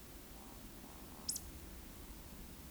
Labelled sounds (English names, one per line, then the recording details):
Eurasian Woodcock whistle
Eurasian Woodcock croak
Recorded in Baden-Württemberg, Germany, on 9 June 2021 at 20:15 UTC
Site 25175, 602 m above sea level